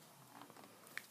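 A reducer adapter is pushed home by hand into its mating fitting, with faint soft rubbing and tapping noises as it meets resistance. At 1.0 s it snaps into place with a short, sharp click, and the adapter is seated.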